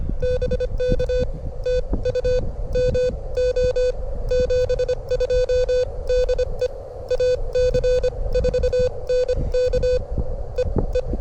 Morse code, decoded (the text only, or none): BK TU MO 72 DE AC4NK EE